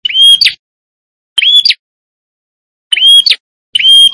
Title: Suara Prenjak Kepala Merah Jantan Gacor Nembak